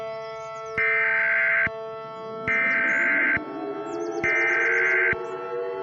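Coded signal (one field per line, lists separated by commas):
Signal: Emergency Alert System (SAME) tones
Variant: header bursts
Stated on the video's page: Fictional scenario recreation of alerts, not a real broadcast.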